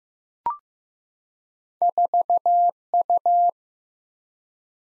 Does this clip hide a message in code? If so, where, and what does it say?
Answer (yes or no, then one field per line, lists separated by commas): yes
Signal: Morse code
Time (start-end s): 1.8-3.5 s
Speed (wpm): 15 wpm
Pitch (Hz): 700 Hz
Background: none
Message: 4U